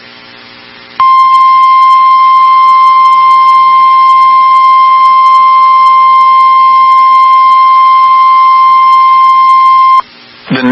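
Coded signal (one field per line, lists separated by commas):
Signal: Emergency Alert System (SAME) tones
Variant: 1050 Hz attention tone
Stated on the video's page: Real Emergency Alert System alerts for an EF5 tornado in Enderlin, North Dakota.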